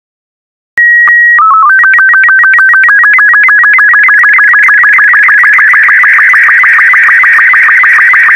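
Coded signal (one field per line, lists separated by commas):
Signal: SSTV (slow-scan television)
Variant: Robot 36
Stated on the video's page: SSTV picture signal generated and received with the Robo36 smartphone app.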